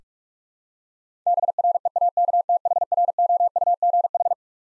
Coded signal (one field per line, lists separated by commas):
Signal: Morse code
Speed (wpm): 44 wpm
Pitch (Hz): 700 Hz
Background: none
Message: BREAKTHROUGH